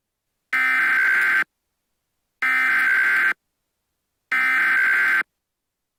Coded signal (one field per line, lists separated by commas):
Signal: Emergency Alert System (SAME) tones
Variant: header bursts